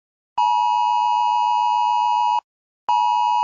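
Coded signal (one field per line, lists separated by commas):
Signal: Emergency Alert System (SAME) tones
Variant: 853 and 960 Hz attention tone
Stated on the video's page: Compilation of fan-submitted EAS alarms.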